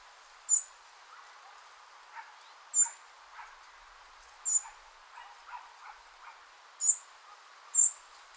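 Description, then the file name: European robin giving very high, thin, sharp call notes, five in about eight seconds at irregular intervals, with faint lower bird notes and a soft background hiss. "Erithacus rubecula"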